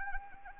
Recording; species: mosquito wingbeat signal from an infrared sensor; Anopheles arabiensis